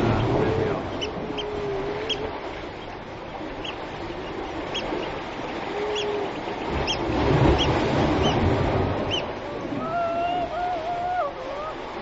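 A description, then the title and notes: Waves slosh through a gully in a steady, dense wash of sound, swelling a little around the middle. Seals call over it with drawn-out, wavering moans, low ones early and a higher, rising cry near the end, while short bright chirps repeat throughout. Seal Gully with Roger Boughton.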